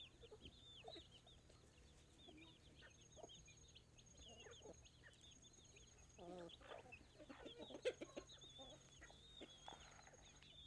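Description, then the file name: Chickens clucking steadily with short harmonic clucks and bursts, high peeping chicks throughout, a few louder squawks in the second half, faint constant hum underneath. Hens clucking with chicks. "Galinhas cacarejando, pintinhos, bater de asas e galo canta longe"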